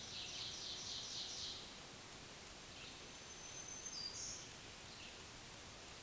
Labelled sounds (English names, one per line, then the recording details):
Black-throated Green Warbler song
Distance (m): 35 m
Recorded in a Pennsylvania forest on 1 June 2023 at 08:46
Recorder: AudioMoth, point grid3_1_high
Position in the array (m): 189 m, 22 m